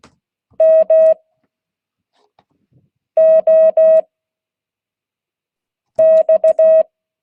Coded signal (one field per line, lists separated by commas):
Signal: Morse code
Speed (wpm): 16 wpm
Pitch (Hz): 640 Hz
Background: none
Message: MOX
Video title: Monday 2022-08-15 Morse code class